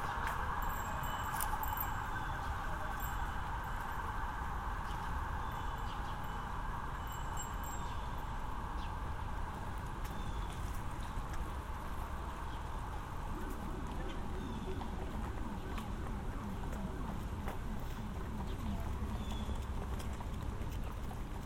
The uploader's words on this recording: Walk through Central Park. A walk from east to west across central park around 72nd street.